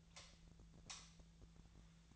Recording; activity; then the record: daily activity, microphone in the room; light off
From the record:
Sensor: 3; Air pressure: 1009.7 hPa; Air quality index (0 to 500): 190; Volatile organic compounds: 15 ppm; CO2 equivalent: 2480 ppm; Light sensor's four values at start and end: 45/118/50/51 and 38/95/41/44